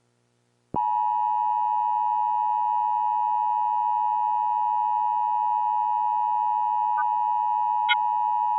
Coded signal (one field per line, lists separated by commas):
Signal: Emergency Alert System (SAME) tones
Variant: 853 and 960 Hz attention tone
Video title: Emergency Alert System Evil Santa Alert